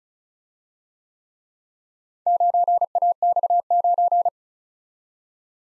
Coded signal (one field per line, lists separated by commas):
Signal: Morse code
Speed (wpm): 34 wpm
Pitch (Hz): 700 Hz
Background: none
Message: 9AX9